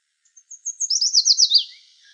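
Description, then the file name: Yellow warbler song, one quick phrase of thin high notes building into loud down-slurred whistles and ending with a sharp downward note. Recorded in Arizona. "YWAR 2 deviche"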